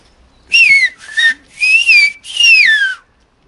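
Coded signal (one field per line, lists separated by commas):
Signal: whistled language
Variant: Aas whistled French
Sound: four short gliding whistled phrases rising and falling, like a spoken sentence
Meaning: My name is Théo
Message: je m'appelle Théo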